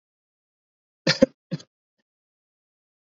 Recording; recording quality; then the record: heavy voluntary cough; poor, much background noise or distortion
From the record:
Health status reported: healthy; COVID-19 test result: negative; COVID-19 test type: RT-PCR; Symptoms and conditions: fever, muscle pain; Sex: female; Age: 45 years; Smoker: no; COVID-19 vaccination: both doses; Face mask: worn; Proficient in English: yes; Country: India